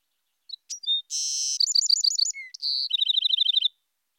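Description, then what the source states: Wren song: a jumble of high notes, a buzzy burst, then fast ringing trills of repeated notes, all very high-pitched and loud, ending abruptly. Wild bird singing in another field; song described as a very noisy scattering of calls.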